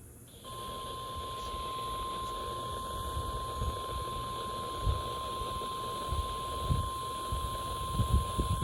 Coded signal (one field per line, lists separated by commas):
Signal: Emergency Alert System (SAME) tones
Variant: 1050 Hz attention tone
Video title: KXI83'S TURN - Flash Flood Warnings on 8/14/2022 (EAS #190-191)